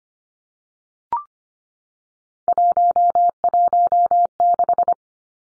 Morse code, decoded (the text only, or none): 116